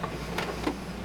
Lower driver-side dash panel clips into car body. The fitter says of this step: you should hear them snap